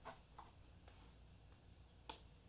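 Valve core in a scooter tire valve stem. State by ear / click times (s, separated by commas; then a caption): released / 2.1 s. A tight valve core is turned out of an eScooter tire's valve stem with a core removal tool, with a few faint ticks as the tool works. At 2.1 s the core breaks free with a sharp, loud snap, as if it had thread locker on it, and the core is released.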